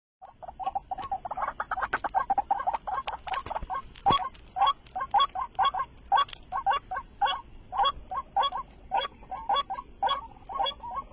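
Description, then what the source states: White-breasted waterhen calls, starting as a rapid jumble of croaks, then settling into regular nasal notes, with a couple of sharp clicks and a faint high hum. Recorded at night during bird luring, using a flashlight and mp3 playback.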